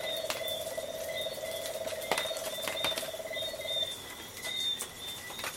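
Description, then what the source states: Tree frog calling in a fast, even pulsed trill for nearly four seconds before stopping, over scattered clicks and thin high insect buzzing. Coastal night soundscape of tree frogs together with insects.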